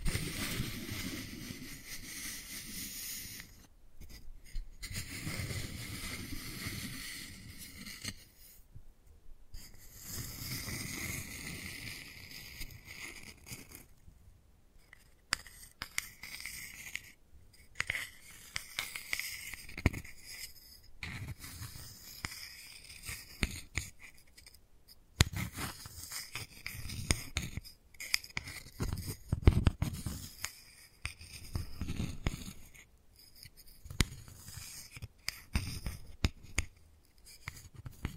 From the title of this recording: Wooden Ball Triggers